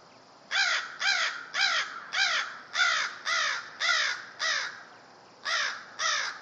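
Crows giving a steady series of harsh caws, about ten in all, roughly two each second, with a brief gap before the last two.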